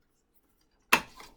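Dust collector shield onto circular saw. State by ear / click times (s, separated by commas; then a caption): seated / 0.9 s. A homemade dust-collector shield is fitted onto a circular saw and snaps into place with a sharp click at 0.9 s. A short rattling tail fades out by about 1.3 s. The shield pops in and is seated.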